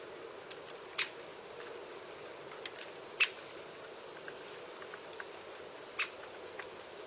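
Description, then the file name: Great spotted woodpecker producing three loud, clipped kik calls with scattered faint clicks, set against continuous background hiss. "Canto do pica pau malhado grande"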